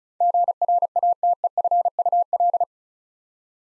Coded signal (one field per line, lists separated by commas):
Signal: Morse code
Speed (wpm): 36 wpm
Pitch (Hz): 700 Hz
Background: none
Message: GRATEFUL